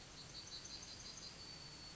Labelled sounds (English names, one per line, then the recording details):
Yellowhammer song
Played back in forest
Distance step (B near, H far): F
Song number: 141